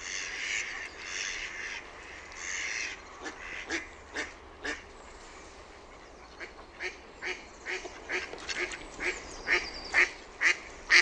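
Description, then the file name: Mallard quacking, a burst of overlapping calls at first, then a series of short rasping quacks with a brief pause, growing louder toward the end. "SINISORSA"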